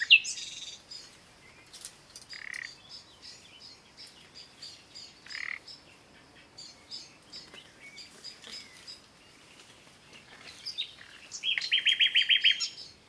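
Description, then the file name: Common nightingale song: soft, scattered chirps and short phrases for most, then a loud, rapid run of repeated harsh notes near the end. "Luscinia megarhynchos"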